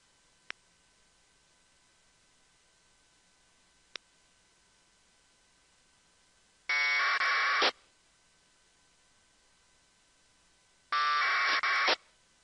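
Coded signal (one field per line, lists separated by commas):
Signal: packet radio (AX.25, as in APRS)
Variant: AFSK 1200 baud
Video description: tuned to the APRS frequency 144.390 MHZ NFM, Filter bandwidth set at 11400, squelch set at 50 and running AFSK1200 Decoder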